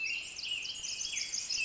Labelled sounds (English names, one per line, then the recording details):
Pacific Wren
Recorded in Sonoma County, California